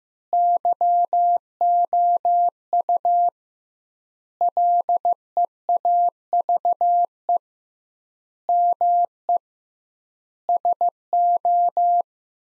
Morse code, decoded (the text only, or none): YOU LEAVE ME SO